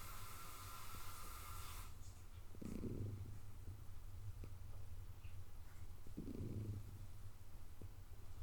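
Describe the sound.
Cat purr, a low continuous rumble with two louder swells, after a brief rush of hissy noise at the start.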